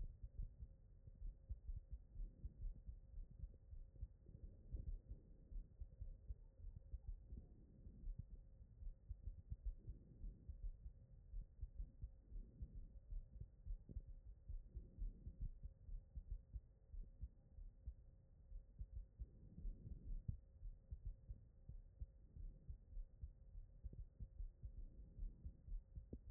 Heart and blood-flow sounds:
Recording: heart sounds by stethoscope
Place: aortic valve (AV)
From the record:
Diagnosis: non-HFrEF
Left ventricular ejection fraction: 61%

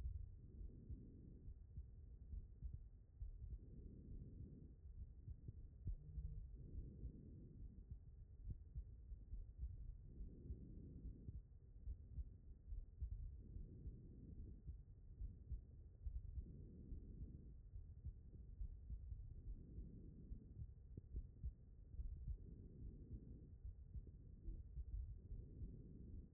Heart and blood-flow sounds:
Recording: heart sounds by stethoscope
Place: aortic valve (AV)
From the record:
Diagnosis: non-HFrEF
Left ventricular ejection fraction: 60%

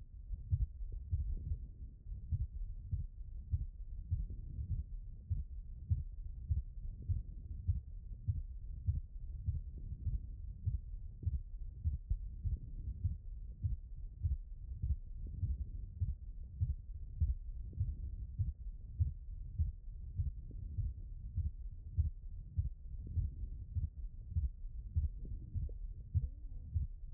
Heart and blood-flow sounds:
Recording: heart sounds by stethoscope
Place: tricuspid valve (TV)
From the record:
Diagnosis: HFrEF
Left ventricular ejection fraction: 18%

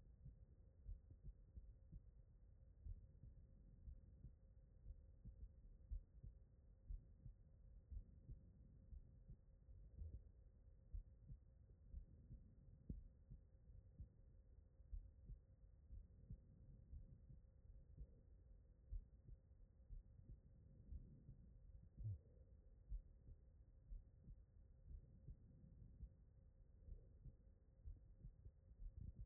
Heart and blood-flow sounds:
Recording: heart sounds by stethoscope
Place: pulmonary valve (PV)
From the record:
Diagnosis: non-HFrEF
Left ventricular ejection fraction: 56%

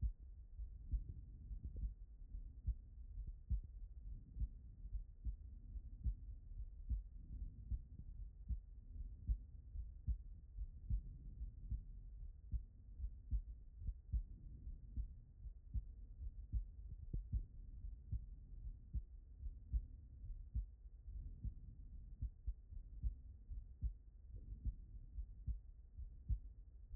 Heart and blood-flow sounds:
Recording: heart sounds by stethoscope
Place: aortic valve (AV)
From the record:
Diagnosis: non-HFrEF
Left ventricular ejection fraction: 62%

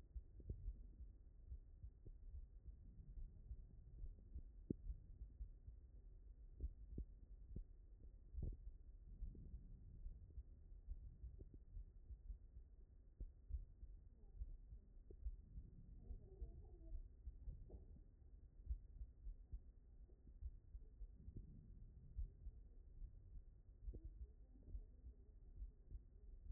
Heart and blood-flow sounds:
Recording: heart sounds by stethoscope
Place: aortic valve (AV)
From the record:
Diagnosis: non-HFrEF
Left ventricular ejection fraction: 61%

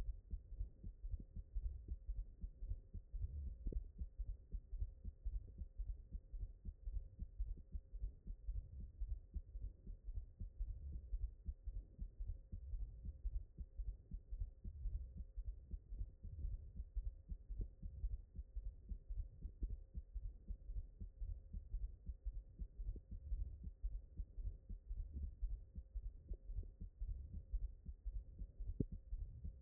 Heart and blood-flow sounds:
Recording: heart sounds by stethoscope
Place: mitral valve (MV)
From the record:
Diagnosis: non-HFrEF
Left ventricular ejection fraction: 57%

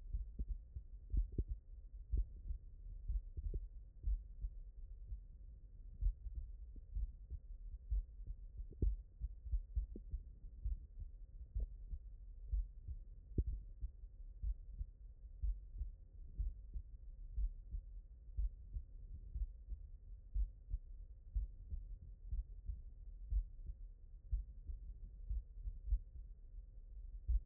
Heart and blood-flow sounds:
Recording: heart sounds by stethoscope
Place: tricuspid valve (TV)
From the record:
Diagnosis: non-HFrEF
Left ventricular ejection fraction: 71%

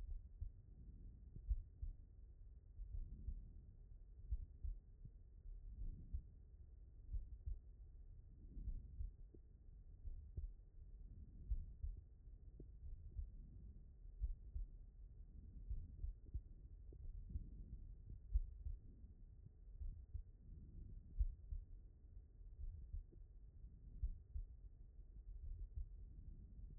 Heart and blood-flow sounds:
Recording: heart sounds by stethoscope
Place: aortic valve (AV)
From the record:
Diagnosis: non-HFrEF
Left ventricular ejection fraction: 72%

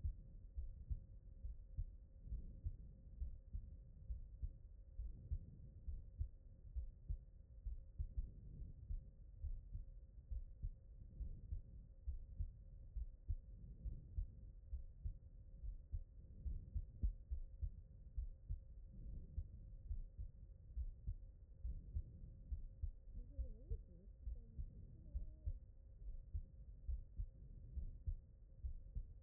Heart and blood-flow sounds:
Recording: heart sounds by stethoscope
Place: pulmonary valve (PV)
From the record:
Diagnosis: non-HFrEF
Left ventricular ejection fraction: 67%

